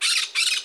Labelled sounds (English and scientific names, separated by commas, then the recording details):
Brown-throated Parakeet (Eupsittula pertinax) contact call
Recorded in Margarita
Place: San Francisco, near stadium
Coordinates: 11.018, -64.294